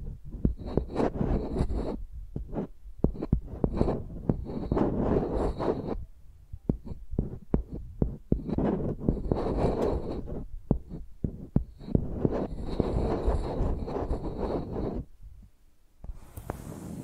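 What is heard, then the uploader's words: A microphone is scraped and tapped across a surface as if drawing with a pencil. Rough, scratchy strokes come in bursts of several seconds, broken by sharp clicks and dull low thumps. It quiets briefly near the end before a short hiss. Using Mics as Pencils (No Talking).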